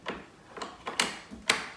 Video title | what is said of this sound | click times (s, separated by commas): Shark AI Ultra Voice: 60 Days No-Empty Robot Vacuum Unbox | give it a push until you hear it click | 1.0 s